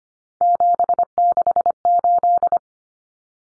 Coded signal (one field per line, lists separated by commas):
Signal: Morse code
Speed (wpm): 25 wpm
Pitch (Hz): 700 Hz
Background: none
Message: 768